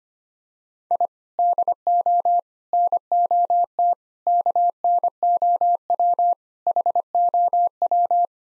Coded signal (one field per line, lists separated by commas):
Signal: Morse code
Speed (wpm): 25 wpm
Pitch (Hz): 700 Hz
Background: none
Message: I DO NOT KNOW HOW